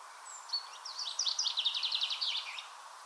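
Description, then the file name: Common chaffinch song: a brisk trill of high notes closing with a short flourish, over faint background hiss. "Fringilla coelebs"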